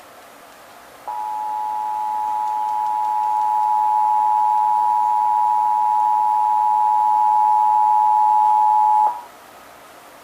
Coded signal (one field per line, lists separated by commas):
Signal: Emergency Alert System (SAME) tones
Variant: 853 and 960 Hz attention tone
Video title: (EAS #993-1,002) March 2026 Texas Required Monthly Test